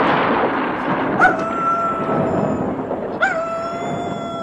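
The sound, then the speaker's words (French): Thunder breaks over a steady, rushing roar of storm noise, with two sharp cracks about two seconds apart, each leaving a ringing, slowly fading tail. “Ça, par exemple, au moment précis où je vous présente Raskar Kapak, l'orage éclate.”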